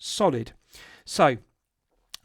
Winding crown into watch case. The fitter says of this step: pushing it back in, it's got a nice positive click,